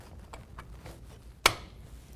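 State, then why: Seated. The second training wheel on the chain guard side of a 14" gloss red Huffy Moto X kids bike is slid onto the frame, with a few faint light taps as it is worked into position. At 1.5 s its detent pins snap in with a single sharp, bright click, and the training wheel bracket is seated in the frame.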